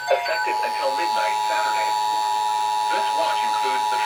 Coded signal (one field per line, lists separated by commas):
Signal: Emergency Alert System (SAME) tones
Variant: 853 and 960 Hz attention tone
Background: speech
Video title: EAS Alerts May 22-24,2019 (EAS #542-548)